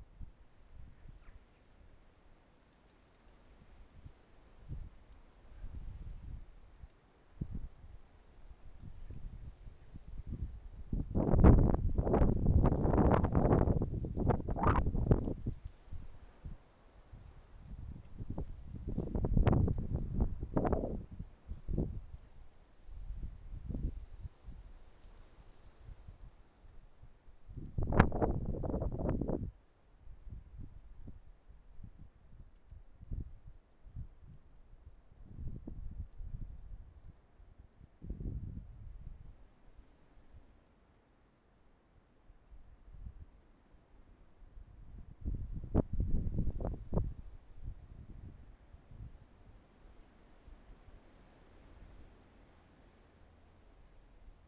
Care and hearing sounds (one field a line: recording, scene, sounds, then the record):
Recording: everyday scene through a hearing-aid microphone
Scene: wind on the microphone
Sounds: wind, traffic, birds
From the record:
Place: suburban garden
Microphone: behind the ear, right, rear